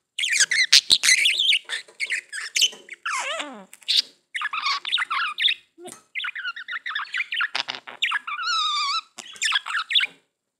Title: Budgie Sounds